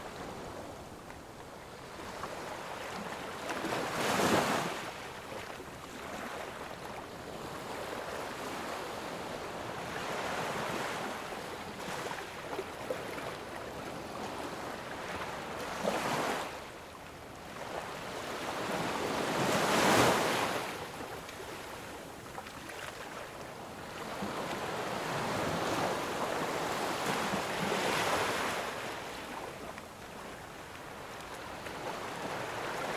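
Sea waves wash in over a steady hiss of surf, with clear swells cresting near 4, 10, 16, 20 and 28 seconds. The loudest break comes around 20 seconds, and a light wind rumble stays low underneath throughout.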